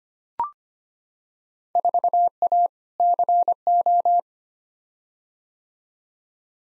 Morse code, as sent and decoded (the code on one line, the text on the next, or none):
....- .- / -.-. ---
4A CO